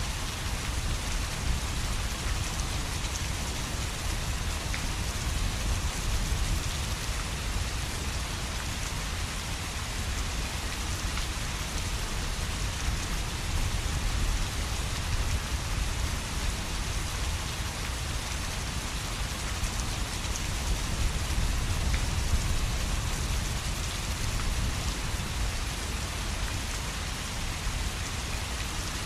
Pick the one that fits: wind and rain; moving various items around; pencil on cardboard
wind and rain